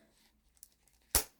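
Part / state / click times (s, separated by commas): plastic tail into the dinosaur figure's body / seated / 1.2 s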